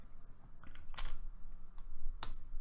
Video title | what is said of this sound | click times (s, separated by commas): Kanger Tech Cupti Review | snaps back in screen | 2.2 s